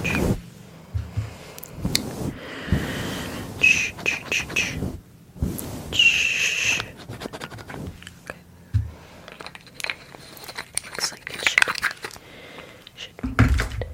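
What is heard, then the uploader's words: Hair being handled, with bursts of crisp rustling and crackling scattered irregularly across the clip, some bright and scratchy, others softer. Low thumps and brushing sounds come in between, and a faint murmur sits underneath, with quieter stretches around the middle. Unpredictable, Up-Close Hair Play.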